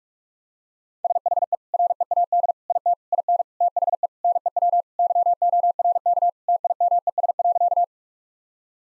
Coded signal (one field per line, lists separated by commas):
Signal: Morse code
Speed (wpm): 43 wpm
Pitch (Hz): 700 Hz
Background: none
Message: SHE READ IT IN THE NEW YORK TIMES.